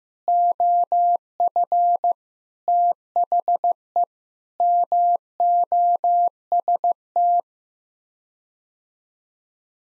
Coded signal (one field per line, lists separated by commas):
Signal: Morse code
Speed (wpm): 15 wpm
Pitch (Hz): 700 Hz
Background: none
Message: OF THE MOST